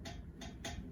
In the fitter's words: And there it is there, you can hear it clicking.